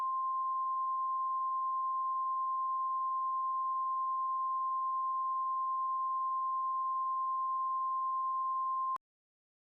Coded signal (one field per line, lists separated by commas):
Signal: Emergency Alert System (SAME) tones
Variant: 1050 Hz attention tone